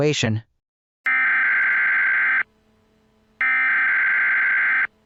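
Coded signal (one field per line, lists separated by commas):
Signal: Emergency Alert System (SAME) tones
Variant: header bursts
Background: speech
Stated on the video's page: Fictional EAS scenario about a zombie virus outbreak from a lab in British Columbia.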